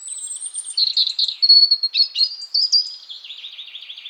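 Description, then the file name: European robin song: a thin high whistle opens, then a varied run of warbled notes and quick trills drifting slightly lower toward the end, with no other sounds. "Erithacus rubecula"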